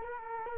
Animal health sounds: mosquito wingbeat signal from an infrared sensor; Culex quinquefasciatus

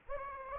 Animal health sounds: mosquito wingbeat signal from an infrared sensor; Anopheles gambiae

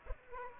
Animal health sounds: mosquito wingbeat signal from an infrared sensor; Aedes aegypti

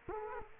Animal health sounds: mosquito wingbeat signal from an infrared sensor; Culex quinquefasciatus

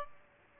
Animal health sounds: mosquito wingbeat signal from an infrared sensor; Aedes aegypti

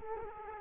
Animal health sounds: mosquito wingbeat signal from an infrared sensor; Culex quinquefasciatus

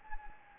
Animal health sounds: mosquito wingbeat signal from an infrared sensor; Anopheles gambiae

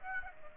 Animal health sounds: mosquito wingbeat signal from an infrared sensor; Aedes aegypti

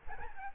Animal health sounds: mosquito wingbeat signal from an infrared sensor; Aedes albopictus

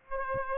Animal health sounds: mosquito wingbeat signal from an infrared sensor; Aedes aegypti

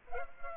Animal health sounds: mosquito wingbeat signal from an infrared sensor; Culex pipiens

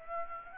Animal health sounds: mosquito wingbeat signal from an infrared sensor; Aedes aegypti

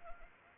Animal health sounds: mosquito wingbeat signal from an infrared sensor; Anopheles arabiensis

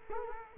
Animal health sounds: mosquito wingbeat signal from an infrared sensor; Culex quinquefasciatus

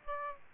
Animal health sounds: mosquito wingbeat signal from an infrared sensor; Aedes aegypti

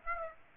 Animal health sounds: mosquito wingbeat signal from an infrared sensor; Aedes aegypti

